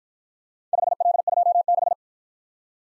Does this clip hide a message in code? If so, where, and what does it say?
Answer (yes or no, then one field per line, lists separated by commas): yes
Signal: Morse code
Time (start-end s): 0.7-1.9 s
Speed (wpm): 53 wpm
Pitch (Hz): 700 Hz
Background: none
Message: 5L26